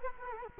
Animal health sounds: mosquito wingbeat signal from an infrared sensor; Culex quinquefasciatus

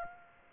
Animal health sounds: mosquito wingbeat signal from an infrared sensor; Aedes aegypti

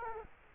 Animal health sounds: mosquito wingbeat signal from an infrared sensor; Culex quinquefasciatus

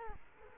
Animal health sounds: mosquito wingbeat signal from an infrared sensor; Culex quinquefasciatus

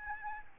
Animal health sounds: mosquito wingbeat signal from an infrared sensor; Aedes albopictus

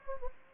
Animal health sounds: mosquito wingbeat signal from an infrared sensor; Anopheles gambiae

